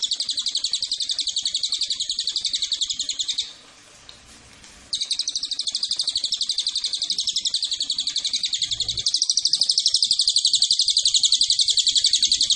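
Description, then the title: Cililin: intense high-pitched pulsing trill, buzzy and rapid, with one short break early on, then continuing strongly to the end. Lure recording used as a master and bait call to attract cililin birds. "MASTERAN SUARA BURUNG CILILIN BISA JUGA PANCINGAN CILILIN"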